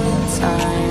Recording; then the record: coughing mixed with background sound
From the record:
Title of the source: 1125 Coughing SOUND Effect